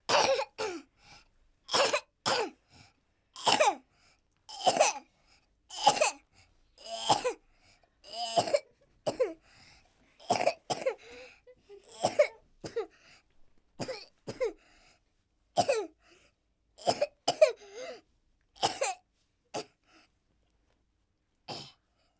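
A boy coughs repeatedly in short, sharp bursts, about twenty over twenty seconds, spaced unevenly with brief pauses between bouts. The coughs sound fairly dry and bright, with no clear wheeze or whoop.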